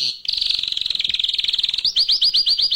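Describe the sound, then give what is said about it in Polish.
A caged bird sings loudly, first a fast, high-pitched trill, then a quick run of about nine sharp rising chirps in steady rhythm, with no voices. “I ptak jest w klatce.”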